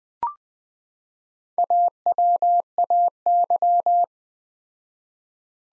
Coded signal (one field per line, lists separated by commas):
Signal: Morse code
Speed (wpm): 21 wpm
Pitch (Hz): 700 Hz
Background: none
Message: AWAY